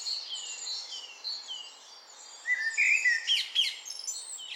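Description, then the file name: Eurasian blackbird singing fluted whistled phrases in the second half, set against a dense chorus of high, thin chirps from other birds. "Turdus merula"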